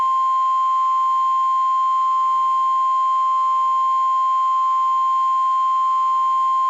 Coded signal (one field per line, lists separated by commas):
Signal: Emergency Alert System (SAME) tones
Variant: 1050 Hz attention tone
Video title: TN Double Header EAS #526-527 (3/31/23)